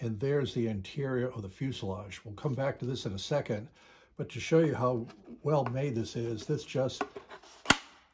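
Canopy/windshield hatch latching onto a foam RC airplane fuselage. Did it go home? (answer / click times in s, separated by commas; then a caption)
yes / 7.7 s. Someone talks as the foam canopy/windshield hatch of an FMS PA-18 1300 mm RC airplane is pressed back onto the foam fuselage to show how well made the model is. Its small latch snaps shut with a sharp click at 7.7 s, and the canopy is seated in place.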